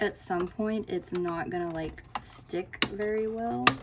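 A plastic tray from a storage tube is handled near its notches, which are meant to click it into place, while someone talks. Light handling sounds are heard under the voice. The clip ends before the tray goes back in, so nothing has seated or clicked yet.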